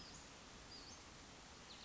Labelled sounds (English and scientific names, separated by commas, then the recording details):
Western Flycatcher (Empidonax difficilis)
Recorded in Sonoma County, California